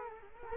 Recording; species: mosquito wingbeat signal from an infrared sensor; Culex quinquefasciatus